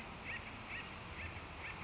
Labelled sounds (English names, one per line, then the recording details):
Acorn Woodpecker
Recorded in Sonoma County, California